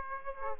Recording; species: mosquito wingbeat signal from an infrared sensor; Aedes aegypti